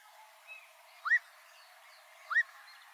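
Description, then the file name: Black-crowned monjita giving two brief upslurred whistles about a second apart against faint background hiss. "Canto da noivinha coroada"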